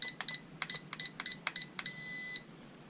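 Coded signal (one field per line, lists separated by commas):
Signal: beep code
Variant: toy drone transmitter trim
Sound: a run of quick high beeps with clicks, ending in one longer half-second beep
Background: small room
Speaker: and you can see we're in center now when you hear that long beat that's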